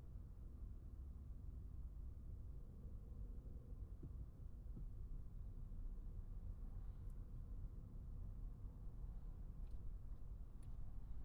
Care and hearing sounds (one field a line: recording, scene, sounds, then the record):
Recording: everyday scene through a hearing-aid microphone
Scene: in a vehicle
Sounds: engine, traffic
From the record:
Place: Skoda Fabia, gasoline engine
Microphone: behind the ear, right, rear